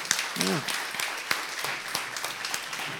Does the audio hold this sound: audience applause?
yes